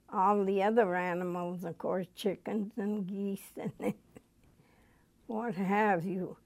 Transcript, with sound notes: all the other animals, of course, chickens and geese (she laughs) and what have you.